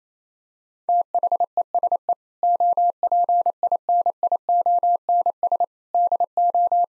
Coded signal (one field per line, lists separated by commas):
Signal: Morse code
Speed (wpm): 28 wpm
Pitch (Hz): 700 Hz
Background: none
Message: THESE OPINIONS DO